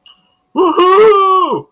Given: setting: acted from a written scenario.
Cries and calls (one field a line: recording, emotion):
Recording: vocal sound without words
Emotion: triumph